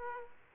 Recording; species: mosquito wingbeat signal from an infrared sensor; Aedes aegypti